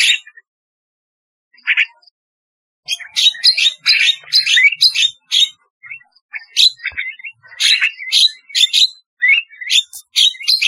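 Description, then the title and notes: Starling song: two squawks, then a long run of rapid, grating chatters mixed with high squeaky notes. "Kicau Burung Jalak"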